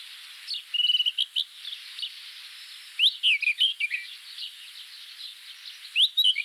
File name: Cercotrichas galactotes Agrobate roux